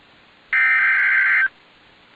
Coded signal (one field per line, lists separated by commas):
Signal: Emergency Alert System (SAME) tones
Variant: header bursts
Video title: (EAS Audio) Tornado Emergency for Dayton, Ohio 5/27/2019